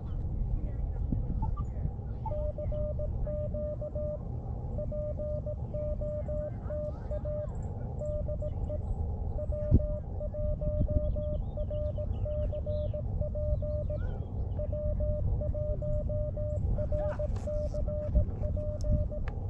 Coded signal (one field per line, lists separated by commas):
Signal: Morse code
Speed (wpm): 17 wpm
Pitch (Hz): 600 Hz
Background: speech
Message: CQ POTA DE W1RCP W1RCP